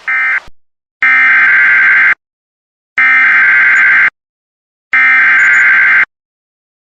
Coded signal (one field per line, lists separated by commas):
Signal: Emergency Alert System (SAME) tones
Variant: header bursts